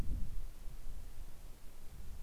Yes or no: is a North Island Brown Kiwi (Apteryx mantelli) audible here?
no